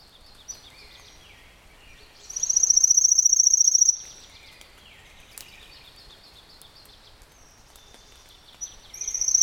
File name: warbler-pale-legged-leaf a-Phylloscopus-tenellipes